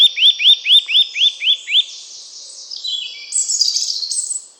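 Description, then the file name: Eurasian nuthatch giving seven rising piped notes in a fast, even series, followed by busy high chattering. "Sitta europaea"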